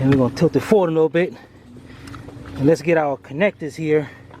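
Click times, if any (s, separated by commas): none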